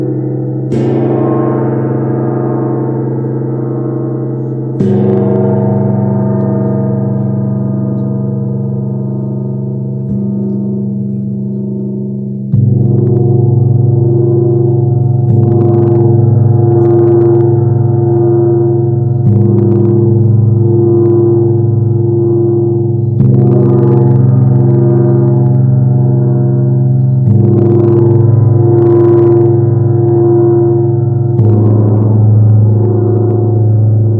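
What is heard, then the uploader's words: A large gong rings out with deep, layered tones, struck once near the start and again around five and ten seconds, each stroke decaying slowly. From about twelve seconds it is played continuously, building a dense, shimmering roar that swells every few seconds. Heart Gong Immersion by Sound Alchemist Julie Jewels Smoot.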